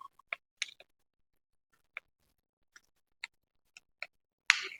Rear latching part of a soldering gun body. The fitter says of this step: பார்த்தீங்கன்னா இப்படி பின்னாடி லாக் ஆயிடுச்சு இப்ப